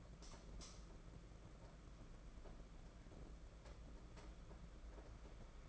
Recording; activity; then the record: daily activity, microphone in the room; light on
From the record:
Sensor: 5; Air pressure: 992.1 hPa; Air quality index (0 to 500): 207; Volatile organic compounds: 1000 ppm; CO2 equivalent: 5999 ppm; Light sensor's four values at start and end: 8/21/8/9 and 8/18/7/8